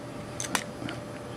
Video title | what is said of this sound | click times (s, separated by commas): ONE PIECE : Action Figure Review Franky Portrait of Pirates | Just kind of line them up like so, and then they both snap into place. | 0.4 s, 0.6 s